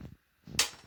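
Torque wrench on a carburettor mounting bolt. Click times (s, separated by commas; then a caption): 0.6 s. A torque wrench tightens the second carburettor mounting bolt and gives a sharp click at 0.6 s, confirming the 4.9 Nm setting has been reached. Low, muffled handling noise comes before and after the click.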